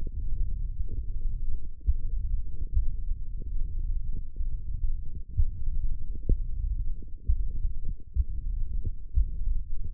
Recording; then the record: forearm muscle sounds (acoustic myography)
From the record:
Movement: tripod grip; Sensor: system 1, eight BSWA MPA416 microphones around the upper forearm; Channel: 6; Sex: male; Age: 21 years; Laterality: right